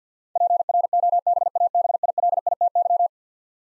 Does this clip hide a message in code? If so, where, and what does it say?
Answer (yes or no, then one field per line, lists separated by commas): yes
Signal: Morse code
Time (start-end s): 0.4-3.1 s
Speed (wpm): 50 wpm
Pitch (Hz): 700 Hz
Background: none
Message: PROBABILITY